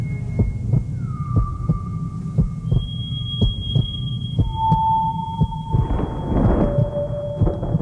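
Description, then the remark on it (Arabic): A steady, heavy heartbeat thumps in low, regular pulses, about two beats per second, under a droning hum with sustained eerie tones and a swell of rumbling noise near the end. “بدأت أسمع صوت دقات قلبي أكتر من أي حاجة.”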